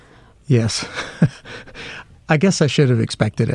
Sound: laughter

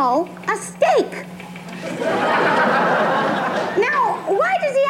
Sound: laughter

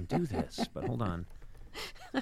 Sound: laughter

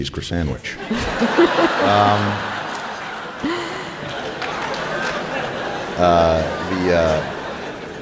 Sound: soundbite of laughter

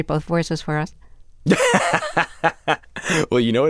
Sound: laughter

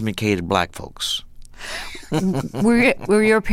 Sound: laughter

